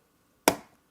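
A second RAM memory stick is pushed into its DIMM slot on a motherboard until the latch clicks on both sides. A single sharp, broadband click lands at 0.5 s and fades within about a quarter second, against near silence. The stick is seated and the RAM is correctly placed.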